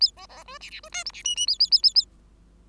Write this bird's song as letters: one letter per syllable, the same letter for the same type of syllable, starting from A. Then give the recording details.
A B B C D D C E F D G G A A A A A. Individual Bird5